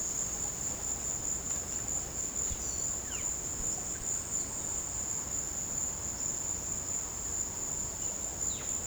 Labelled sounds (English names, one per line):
none